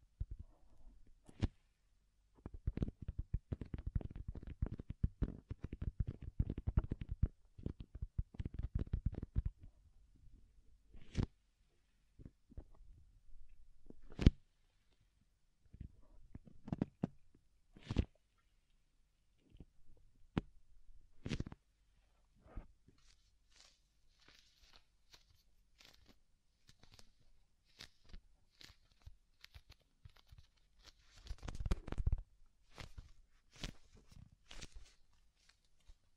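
Soft ASMR ear triggers: a dense run of crackly, rustling scratches with low thumps fills the first ten seconds, then gives way to sparse sharp taps every few seconds. Quieter brushing swishes follow, and another thick crackling burst arrives near thirty-two seconds.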